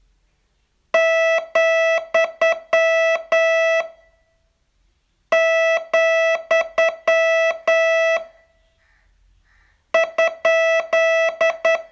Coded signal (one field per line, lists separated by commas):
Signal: Morse code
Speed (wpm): 10 wpm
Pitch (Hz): 660 Hz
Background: music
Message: , , ?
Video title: Learn Morse in 42 Days from VU2LAU - day 39